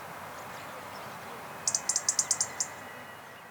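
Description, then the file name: European robin singing a single quick phrase of about eight sharp, very high repeated notes, evenly spaced over one second, against steady low hiss. "Erithacus rubecula"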